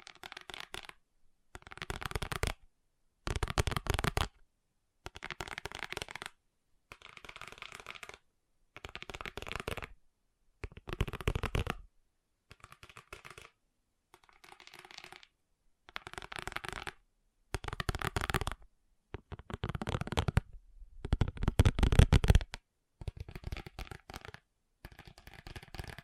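Fast tapping comes in short, dense bursts of rapid clicks, each lasting about a second, separated by brief silences. Around fourteen bursts repeat at a fairly regular pace, crisp and bright, with a few heavier, deeper taps near the twenty-second mark.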